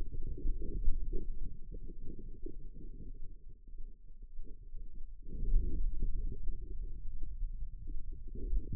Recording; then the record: forearm muscle sounds (acoustic myography)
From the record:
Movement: hand opening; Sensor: system 2, bracelet of six BSWA MPA416 microphones around the upper forearm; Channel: 4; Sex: female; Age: 25 years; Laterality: right